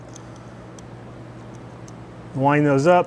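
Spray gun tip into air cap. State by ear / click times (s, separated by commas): not seated / none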